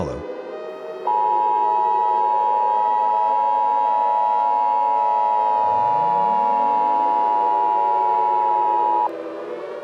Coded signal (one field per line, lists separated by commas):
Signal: Emergency Alert System (SAME) tones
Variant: 853 and 960 Hz attention tone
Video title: EAS Scenario - Malevolence